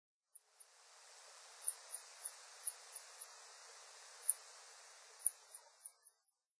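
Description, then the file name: Bat calls: a string of short, very high pulses, spaced unevenly with small clusters and gaps, over a faint hiss. Ehime, Japan; 12 December 2009. "komori ehime kuroda"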